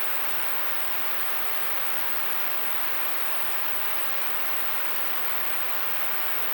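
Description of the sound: A steady, unchanging hiss of wide-band noise, loudest in the mid and upper range and without low rumble, lasts the whole clip. It is a simulation of noise-like tinnitus, the constant hissing or rushing some people hear without any outside sound.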